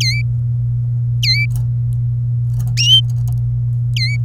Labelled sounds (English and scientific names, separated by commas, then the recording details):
Domestic Canary (Serinus canaria) song
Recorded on 27 April 2018 at 09:18
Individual llb3